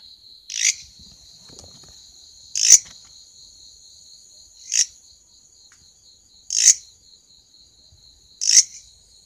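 Grasshopper stridulation: short, harsh, buzzy bursts repeated about every two seconds, five in all, over a faint steady high whine.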